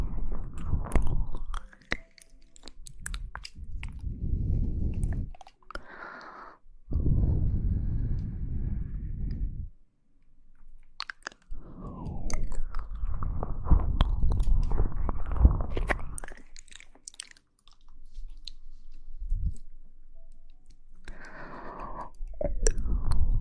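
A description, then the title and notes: Mouth sounds of chewing and biting, with wet, crunchy smacks and clicks coming in irregular bursts separated by short silences. Low, muffled chomping fills most stretches, and brief brighter squelches break through around 6 seconds and again near 21 seconds. Mouth Sounds.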